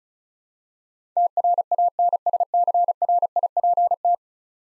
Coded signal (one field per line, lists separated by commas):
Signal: Morse code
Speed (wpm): 36 wpm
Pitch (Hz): 700 Hz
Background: none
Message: TRANSCRIPT